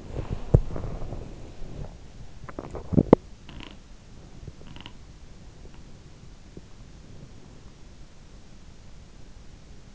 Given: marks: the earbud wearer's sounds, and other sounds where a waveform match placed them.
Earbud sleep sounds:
sounds in sleep by an in-ear microphone; body movement, teeth grinding
0.00-2.12 s: body movement
2.12-3.55 s: teeth grinding
3.54-5.35 s: sound from someone else or the room

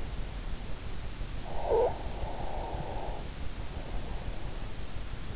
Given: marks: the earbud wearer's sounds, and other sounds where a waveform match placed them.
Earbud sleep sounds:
sounds in sleep by an in-ear microphone; snoring breath
1.43-3.49 s: snoring breath

